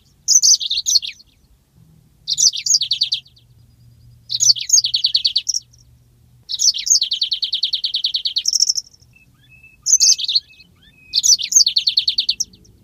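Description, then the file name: Yellow-fronted canary singing bright, high phrases of sweeping notes that run into fast buzzy trills, six bursts separated by short pauses of about a second. "mozambik omkicau"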